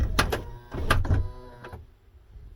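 The power sliding door on the rear side of a 2013 Honda Freed/Spike closes automatically, with a series of sharp clunks and knocks over a steady tonal hum. The door latch catches into the car body's striker with a loud clunk at 0.9 s, and the door is confirmed latched and locked shut. The sound then fades to quiet.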